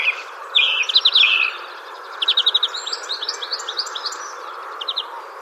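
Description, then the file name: Song thrush song: bright, high notes in short bursts, most phrases a quick run of the same note repeated several times, with a steady low hiss beneath. "Drozd pevchij - Pestnya"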